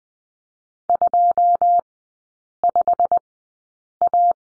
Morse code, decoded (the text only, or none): 25A